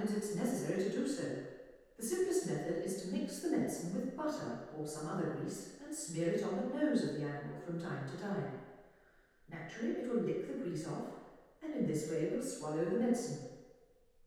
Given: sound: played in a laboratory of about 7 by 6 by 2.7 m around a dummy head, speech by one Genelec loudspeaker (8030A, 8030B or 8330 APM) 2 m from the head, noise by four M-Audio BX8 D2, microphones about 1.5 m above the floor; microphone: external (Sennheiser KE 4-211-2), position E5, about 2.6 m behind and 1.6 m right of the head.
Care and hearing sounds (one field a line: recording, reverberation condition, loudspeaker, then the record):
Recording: female speech in English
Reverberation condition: high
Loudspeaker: 60 degrees to the left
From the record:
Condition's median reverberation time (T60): about 1300 ms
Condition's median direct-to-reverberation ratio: about -4.0 dB